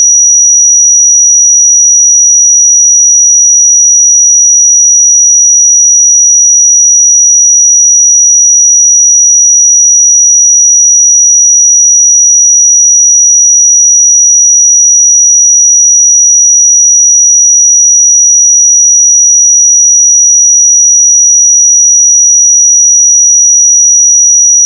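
A pure sine tone at 5813 Hz sounds continuously for the full 25 seconds, thin and piercingly high. Its pitch and loudness hold perfectly steady, with no breaks, wavering or other sounds underneath.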